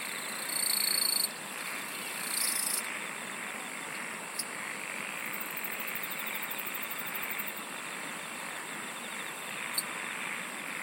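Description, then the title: Insects trilling over a dense chorus; two louder high buzzy bursts sound early, then fast pulsing continues with scattered clicks. "SINGING OF INSECTS"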